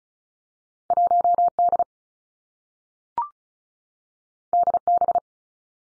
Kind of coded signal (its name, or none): Morse code